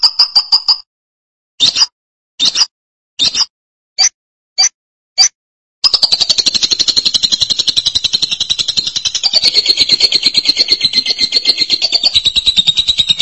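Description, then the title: Lovebird calls: a squeaky note and a series of short sharp chirps, then a long unbroken rapid high chattering stream. "BM Suara Burung Lovebird"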